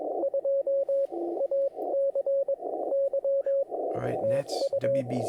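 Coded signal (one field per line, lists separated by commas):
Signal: Morse code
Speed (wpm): 21 wpm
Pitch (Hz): 550 Hz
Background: radio noise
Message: 2 AC Y TU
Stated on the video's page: Morse POTA park-hunting exchange demonstration: a simple contact with 5NN signal report.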